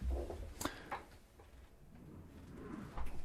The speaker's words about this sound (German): Ja, da ist ein Vogel gerade durchs Studio geflogen. Ja. Man hat es gehört.